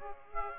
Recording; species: mosquito wingbeat signal from an infrared sensor; Aedes aegypti